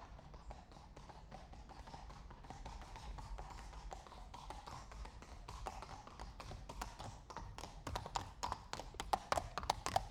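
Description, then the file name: Horse hoofbeats: clattering steps at a walking pace, becoming sharper and louder in the final seconds, over a low rumble. Two horses walking at a slow pace past on cobblestones. "Het stapvoets voorbijlopen van twee paarden op kasseien - Sound Cloud - Beeld en Geluid"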